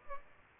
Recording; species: mosquito wingbeat signal from an infrared sensor; Aedes albopictus